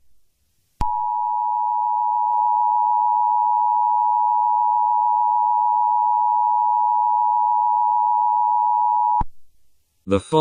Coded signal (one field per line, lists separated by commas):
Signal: Emergency Alert System (SAME) tones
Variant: 853 and 960 Hz attention tone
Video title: EAS Scenario #6: Jeff the Killer.